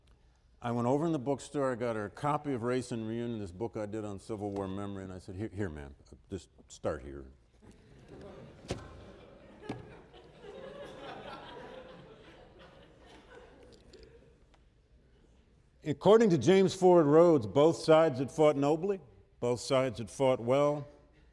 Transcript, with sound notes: I went over in the bookstore, I got her a copy of Race and Reunion, this book I did on Civil War memory, and I said, "Here ma'am, just start here." [Laughter]
According to James Ford Rhodes both sides had fought nobly, both sides had fought well.